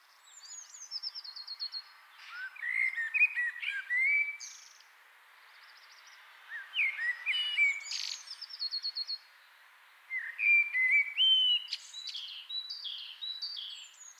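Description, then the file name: Common blackbird song: several mellow fluted phrases, each ending in a thin, squeaky high twitter, separated by short pauses. "Turdus merula"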